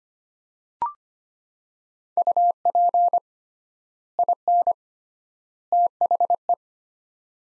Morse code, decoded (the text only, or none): UP IN THE